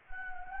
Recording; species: mosquito wingbeat signal from an infrared sensor; Anopheles gambiae